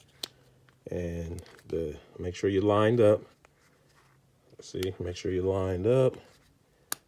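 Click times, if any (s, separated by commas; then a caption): 6.9 s. Someone talks while pressing a piece of wood against the side of the steel slide release pin in a pistol frame, so the frame is not marred, lining it up and pushing. A sharp pop at 6.9 s marks the pin popping loose and being released.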